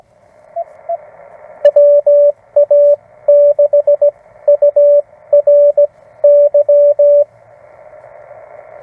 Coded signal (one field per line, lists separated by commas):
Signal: Morse code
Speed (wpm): 17 wpm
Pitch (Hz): 580 Hz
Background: radio noise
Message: WA6URY